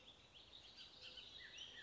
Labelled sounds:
Bullock's Oriole
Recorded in Sonoma County, California

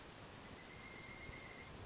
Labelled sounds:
Pileated Woodpecker
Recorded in Sonoma County, California

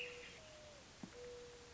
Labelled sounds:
Mourning Dove
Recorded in Sonoma County, California

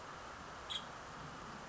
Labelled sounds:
Nuttall's Woodpecker
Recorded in Sonoma County, California

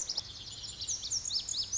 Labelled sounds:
Lazuli Bunting
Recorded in Sonoma County, California

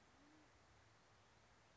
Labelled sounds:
Band-tailed Pigeon
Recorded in Sonoma County, California

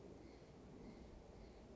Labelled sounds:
Steller's Jay
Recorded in Sonoma County, California

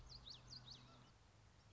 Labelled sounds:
Common Yellowthroat
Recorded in Sonoma County, California

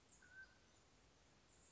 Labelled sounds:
Mountain Quail
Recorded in Sonoma County, California

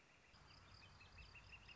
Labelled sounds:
Northern Flicker
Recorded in Sonoma County, California

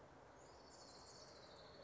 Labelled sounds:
Orange-crowned Warbler
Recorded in Sonoma County, California

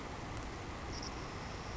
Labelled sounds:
Savannah Sparrow
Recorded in Sonoma County, California

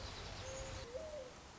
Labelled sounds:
Mourning Dove
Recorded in Sonoma County, California

